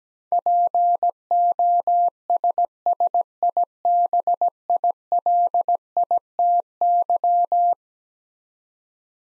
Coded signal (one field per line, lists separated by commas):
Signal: Morse code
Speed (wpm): 17 wpm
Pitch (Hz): 700 Hz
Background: none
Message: POSSIBILITY